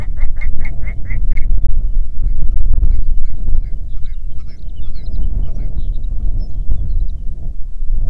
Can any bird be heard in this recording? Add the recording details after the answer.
yes. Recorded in the Prudhoe Bay oil fields, Alaska, on 6 June 2019 at 04:21. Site 16